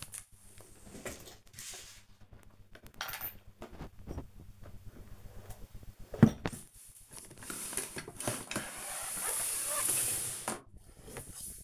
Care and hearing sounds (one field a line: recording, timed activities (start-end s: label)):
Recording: household activities, microphone on the right wrist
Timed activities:
0.00-11.64 s: tidy up the cupboard